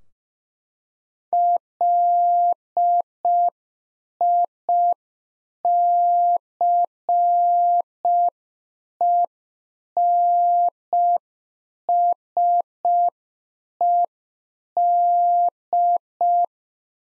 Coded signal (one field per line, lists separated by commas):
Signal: Morse code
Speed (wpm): 5 wpm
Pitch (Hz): 700 Hz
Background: none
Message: LICENSED